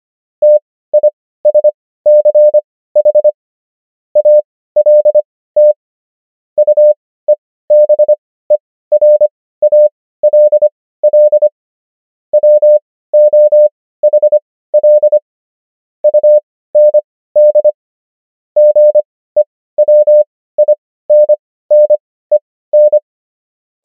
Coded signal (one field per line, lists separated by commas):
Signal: Morse code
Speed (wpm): 25 wpm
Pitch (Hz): 600 Hz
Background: none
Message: TISCH ALT UEBERALL WOHL UND GEWINNEN